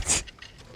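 A cable connector that was only sitting on its header inside a PC case is pressed down firmly onto the header. After a brief louder burst at the start, two short clicks are heard at 0.3 s and 0.4 s. The connector is pushed fully home and seated.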